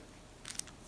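The shackle of a second refurbished brass padlock is pressed closed into the lock body, with a couple of faint clicks around 0.5 s before it latches with a sharp snap at 0.6 s and a softer tick just after. It seats, but the snap is weaker than it should be, and the lock still needs more cleanup.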